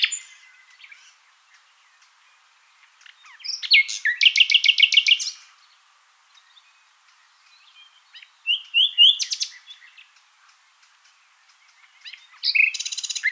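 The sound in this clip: Common nightingale singing in separate bursts: faint opening notes, a loud rapid rattling trill, a shorter chattering phrase, and another vigorous trill at the end.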